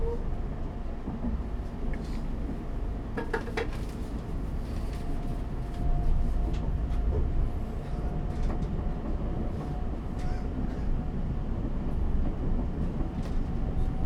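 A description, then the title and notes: A commuter train rolls along with a steady, dense low rumble throughout, growing slightly louder after about six seconds. Sharp clicks and rattles of the carriage break through irregularly, clustered around three to four seconds, and a faint thin whine runs underneath. Captured in a commuter train in the early evening. It is dark outside and the train is not very busy. Early evening commuter train.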